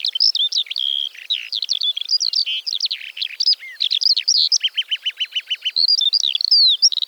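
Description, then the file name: Eurasian skylark song: high, tumbling warbles and chirps, then a brief run of evenly repeated clipped notes before the lively chatter resumes. "Feldlerche- Alauda arvensis"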